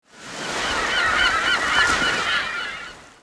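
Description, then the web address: Bird honking, a dense overlapping chorus of nasal calls, continuous throughout. "特酷声音素材库 动物 鸟 Bird"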